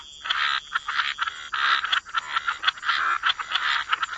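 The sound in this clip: Continuous frog chorus, buzzy croaks overlapping in a thick, rough wash with brief dips between bursts.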